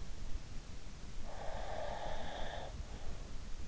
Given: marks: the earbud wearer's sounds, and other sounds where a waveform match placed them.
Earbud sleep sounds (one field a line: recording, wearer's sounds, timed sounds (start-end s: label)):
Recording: sounds in sleep by an in-ear microphone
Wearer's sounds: breath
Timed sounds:
1.25-3.15 s: breath